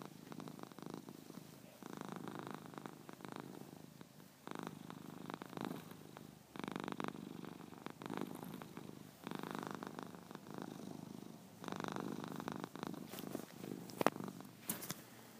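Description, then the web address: Cat: kitten purring, a soft rumbling throb in long pulsing bursts with brief quiet gaps, and one sharp click near the end. "Cats Baby"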